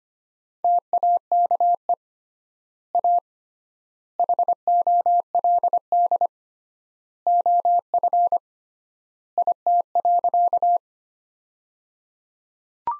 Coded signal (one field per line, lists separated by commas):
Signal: Morse code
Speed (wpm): 25 wpm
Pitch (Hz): 700 Hz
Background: none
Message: TAKE A HOLD OF IT.